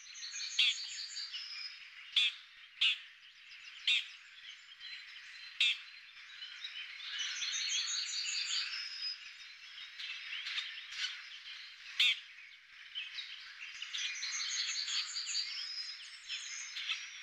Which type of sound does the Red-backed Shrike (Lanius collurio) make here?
song